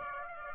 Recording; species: mosquito wingbeat signal from an infrared sensor; Aedes aegypti